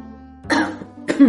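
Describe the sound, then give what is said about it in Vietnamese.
Two short, dry coughs with a brief pause between them: a man faking a dry cough to cover his embarrassment. No one speaks. “Âu Thừa Duẩn hơi mất tự nhiên, giả vờ ho khan một tiếng, che đậy sự bối rối, cố tỏ ra nghiêm nghị.”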